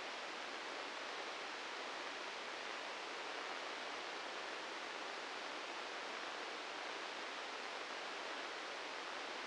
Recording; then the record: brain microelectrode recording played as sound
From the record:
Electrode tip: inside the subthalamic nucleus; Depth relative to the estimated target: 2 mm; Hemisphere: right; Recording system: NeuroSet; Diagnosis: Parkinson's disease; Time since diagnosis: 10 years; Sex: male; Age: 56 years